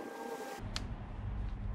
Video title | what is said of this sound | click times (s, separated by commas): Shockwiz Tune for RockShox Deluxe RT3 (Trek Remedy How-To) 4k | Hear the click, let it seat in. | 0.8 s